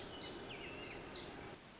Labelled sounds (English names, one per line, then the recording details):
Pacific Wren
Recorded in Sonoma County, California